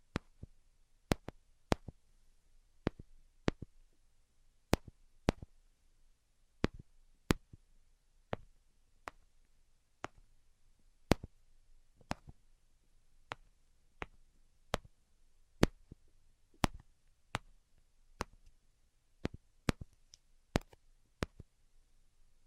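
ASMR tapping: sharp, crisp taps land one at a time, roughly one or two per second, at a loose, uneven pace with some quick pairs. Each tap is a brief bright click, some louder than others, over a near-silent background with a faint low hum.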